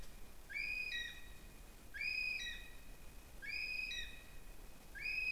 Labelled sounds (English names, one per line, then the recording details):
North Island Brown Kiwi male call
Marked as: faintness 1/5
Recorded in New Zealand on 20 November 2014
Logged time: 21:29
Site CL78